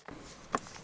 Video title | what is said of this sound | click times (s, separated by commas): Remove Dealer Installed Alarm Security Tracking System Gen 5 Prius 2023 - 2027 Dash Panel Removal | And you'll hear a nice snap when that happens. | 0.1 s, 0.6 s